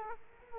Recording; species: mosquito wingbeat signal from an infrared sensor; Culex quinquefasciatus